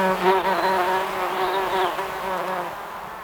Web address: مجموعه افکت صدا حیوانات SES Animals SFX Bees